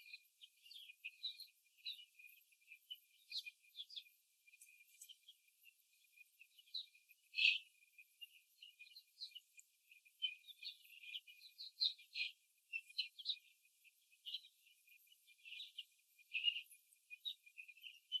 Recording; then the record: young laying hens in a cage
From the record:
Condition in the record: before the stressor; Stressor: simulated dog barking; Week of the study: 3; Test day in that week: 1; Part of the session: 2